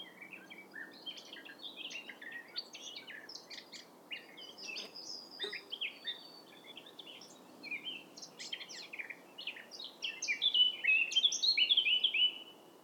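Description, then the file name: Eurasian blackcap singing a long, varied chatter of short notes that builds into a louder, clearer warbled flourish near the end. "Sylvia atricapilla"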